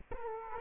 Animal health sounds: mosquito wingbeat signal from an infrared sensor; Culex quinquefasciatus

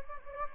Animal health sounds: mosquito wingbeat signal from an infrared sensor; Anopheles gambiae

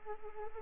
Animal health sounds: mosquito wingbeat signal from an infrared sensor; Anopheles arabiensis

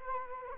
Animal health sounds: mosquito wingbeat signal from an infrared sensor; Culex quinquefasciatus

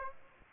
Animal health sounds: mosquito wingbeat signal from an infrared sensor; Aedes aegypti

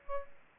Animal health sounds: mosquito wingbeat signal from an infrared sensor; Aedes aegypti

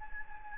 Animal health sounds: mosquito wingbeat signal from an infrared sensor; Anopheles gambiae

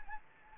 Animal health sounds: mosquito wingbeat signal from an infrared sensor; Anopheles gambiae

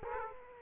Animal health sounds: mosquito wingbeat signal from an infrared sensor; Aedes aegypti

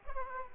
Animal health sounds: mosquito wingbeat signal from an infrared sensor; Aedes aegypti

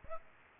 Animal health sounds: mosquito wingbeat signal from an infrared sensor; Aedes aegypti

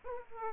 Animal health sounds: mosquito wingbeat signal from an infrared sensor; Aedes aegypti

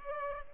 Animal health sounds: mosquito wingbeat signal from an infrared sensor; Culex pipiens

